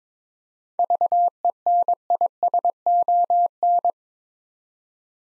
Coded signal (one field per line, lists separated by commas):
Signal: Morse code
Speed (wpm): 22 wpm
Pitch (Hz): 700 Hz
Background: none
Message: VENISON